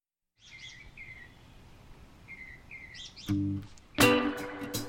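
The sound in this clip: Bird song: faint high chirps, each a short falling note, given in small groups, followed by loud knocks and a clattering burst near the end.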